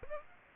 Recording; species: mosquito wingbeat signal from an infrared sensor; Aedes aegypti